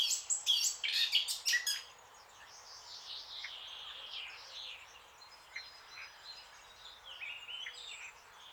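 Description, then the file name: Eurasian blackcap with a loud burst of rapid chattering notes at the start, then a softer, rambling warble continuing quietly. "Sylvia atricapilla"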